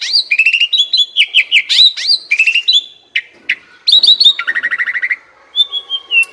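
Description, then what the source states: Asian pied starling singing a busy medley of whistled slurs, clipped chirps and a fast stuttering trill, broken by brief gaps. Masteran (training song) for birds that sing too little and are sluggish.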